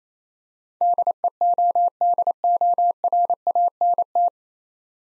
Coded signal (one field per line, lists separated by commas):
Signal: Morse code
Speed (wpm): 26 wpm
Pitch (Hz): 700 Hz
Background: none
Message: DEODORANT